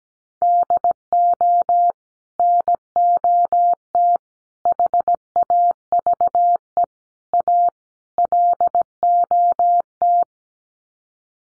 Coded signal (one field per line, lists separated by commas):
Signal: Morse code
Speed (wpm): 17 wpm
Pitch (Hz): 700 Hz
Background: none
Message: DO NOT HAVE A LOT